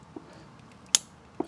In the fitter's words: Okay, I like clicked.